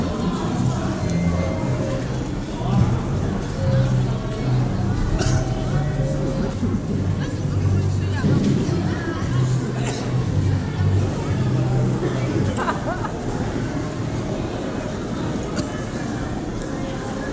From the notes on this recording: Theatre Foyer, Changchun